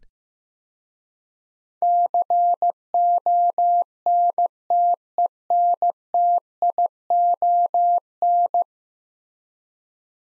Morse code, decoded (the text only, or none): CONTENTION